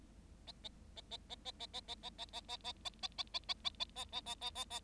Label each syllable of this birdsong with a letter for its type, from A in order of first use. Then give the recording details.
A A A A A A A A A A A A A A A A A A A A A A A A A A A. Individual Bird7